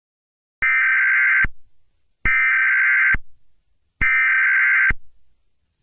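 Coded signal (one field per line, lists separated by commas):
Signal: Emergency Alert System (SAME) tones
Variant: header bursts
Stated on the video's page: Fictional horror EAS scenario.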